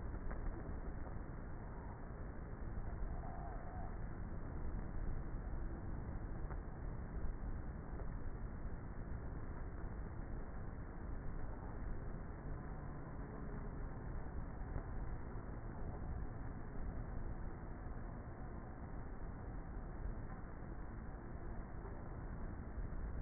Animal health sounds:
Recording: honeybee colony, microphone inside the hive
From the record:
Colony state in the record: queenless with a low population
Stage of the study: before two queens were removed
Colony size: about 30,000 bees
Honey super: no

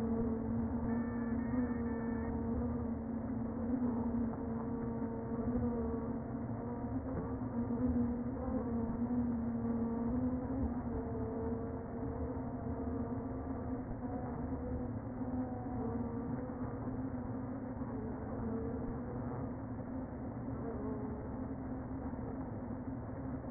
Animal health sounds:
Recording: honeybee colony, microphone inside the hive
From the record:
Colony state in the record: queen present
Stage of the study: before two queens were removed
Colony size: about 60,000 bees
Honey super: yes

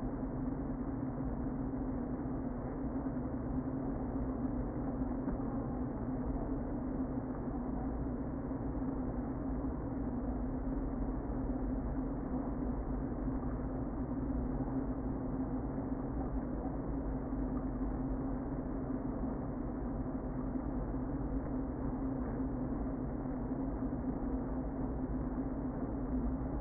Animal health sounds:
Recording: honeybee colony, microphone inside the hive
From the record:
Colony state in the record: queen present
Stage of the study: before two queens were removed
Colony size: about 60,000 bees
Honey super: yes

